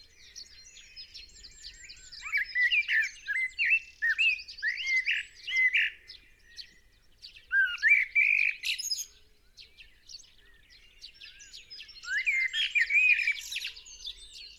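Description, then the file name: Common blackbird song: three warbled phrases roughly five seconds apart, each ending in thin high squeaks. "Turdus merula"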